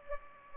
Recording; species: mosquito wingbeat signal from an infrared sensor; Culex pipiens